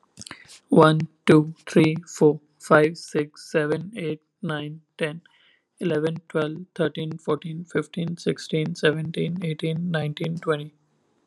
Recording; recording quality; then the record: counting at a normal pace; excellent, no background noise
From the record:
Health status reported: healthy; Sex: male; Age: 28 years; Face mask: not worn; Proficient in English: yes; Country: India